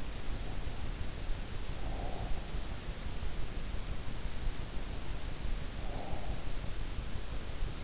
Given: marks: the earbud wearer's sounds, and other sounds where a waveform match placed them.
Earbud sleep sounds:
sounds in sleep by an in-ear microphone; breath
1.26-2.73 s: breath
5.49-7.35 s: breath

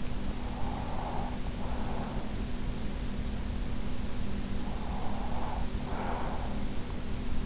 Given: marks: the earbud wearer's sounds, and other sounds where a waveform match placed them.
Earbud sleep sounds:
sounds in sleep by an in-ear microphone; breath
0.00-2.81 s: breath
4.59-6.85 s: breath

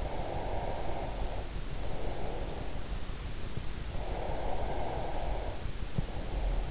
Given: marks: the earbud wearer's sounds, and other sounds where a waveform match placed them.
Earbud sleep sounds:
sounds in sleep by an in-ear microphone; breath
0.02-2.59 s: breath
3.62-6.71 s: breath

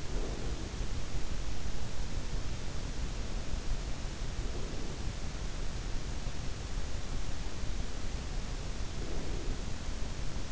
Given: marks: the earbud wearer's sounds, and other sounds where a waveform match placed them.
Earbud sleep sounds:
sounds in sleep by an in-ear microphone; breath
0.00-1.83 s: breath
4.20-5.59 s: breath
8.79-10.52 s: breath

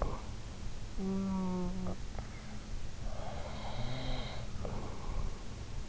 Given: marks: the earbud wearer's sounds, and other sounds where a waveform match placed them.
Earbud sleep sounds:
sounds in sleep by an in-ear microphone; snoring breath, breath
0.55-2.75 s: snoring breath
2.98-5.89 s: breath

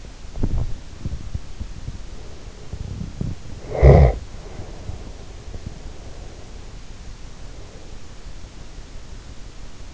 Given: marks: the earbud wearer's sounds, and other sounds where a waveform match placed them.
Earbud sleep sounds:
sounds in sleep by an in-ear microphone; body movement, snoring breath, breath
0.00-3.62 s: body movement
3.58-5.23 s: snoring breath
5.36-8.27 s: breath

